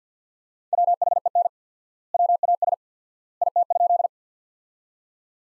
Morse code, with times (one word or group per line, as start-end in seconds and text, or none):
0.7-1.5 WHEN
2.1-2.7 WAS
3.4-4.1 IT?